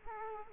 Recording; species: mosquito wingbeat signal from an infrared sensor; Culex quinquefasciatus